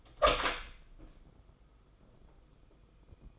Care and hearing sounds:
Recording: daily activity, microphone in the room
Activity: open door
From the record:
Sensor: 5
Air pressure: 990.6 hPa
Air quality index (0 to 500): 153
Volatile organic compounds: 185 ppm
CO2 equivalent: 4160 ppm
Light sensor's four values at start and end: 26/61/25/28 and 26/63/26/28

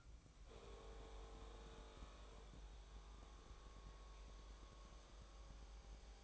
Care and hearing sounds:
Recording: daily activity, microphone in the room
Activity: make coffee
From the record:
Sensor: 1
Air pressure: 1007.4 hPa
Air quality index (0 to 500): 80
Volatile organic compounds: 1 ppm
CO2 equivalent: 693 ppm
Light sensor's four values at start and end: 8/20/8/9 and 8/20/8/9

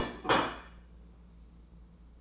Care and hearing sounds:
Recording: daily activity, microphone in the room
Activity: place plate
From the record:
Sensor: 1

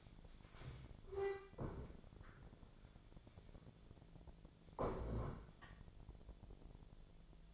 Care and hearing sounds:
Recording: daily activity, microphone in the room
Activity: stand up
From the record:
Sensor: 5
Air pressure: 1000.6 hPa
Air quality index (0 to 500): 150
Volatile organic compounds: 2 ppm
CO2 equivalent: 1156 ppm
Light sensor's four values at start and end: 48/112/47/49 and 48/112/47/49

